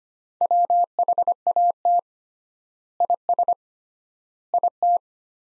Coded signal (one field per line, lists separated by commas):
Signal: Morse code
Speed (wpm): 25 wpm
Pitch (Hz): 700 Hz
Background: none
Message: WHAT IS IT